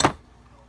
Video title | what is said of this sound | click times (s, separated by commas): KE100 / KE102 Barnett clutch part 2 E8 | there that wasn't snapping in all the way around now it is and | 0.0 s